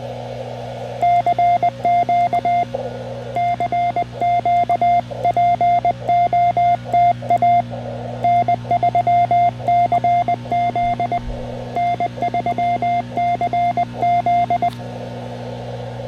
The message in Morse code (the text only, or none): CQ CQ POTA N3CZ N3CZ